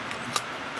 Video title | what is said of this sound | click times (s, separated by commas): Flexible Camera/Phone Tripod by Daisen Review | then this snaps back in and everything's pretty sturdy it | 0.4 s